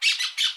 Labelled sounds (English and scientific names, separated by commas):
Brown-throated Parakeet (Eupsittula pertinax) contact call